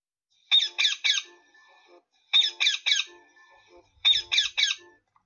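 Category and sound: bird, small birds singing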